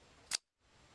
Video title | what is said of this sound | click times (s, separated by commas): Ka-bar zombie acheron knife | that click that means it's not coming out that way or that way however it still comes out with just a little bit of ease | 0.3 s